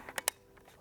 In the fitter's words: into the fj200 and it simply slides in and you will hear a click